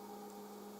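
A plastic arm is being handled and pressed toward its mount on the tail assembly of a TREX 470LM Dominator RC helicopter, while a steady low hum with tones near 200, 400 and 800 Hz runs through the clip. Nothing has snapped into place or seated yet.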